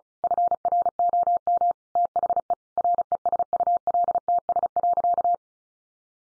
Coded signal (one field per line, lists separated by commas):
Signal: Morse code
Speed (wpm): 34 wpm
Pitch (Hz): 700 Hz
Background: none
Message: FROM THE RESULTS.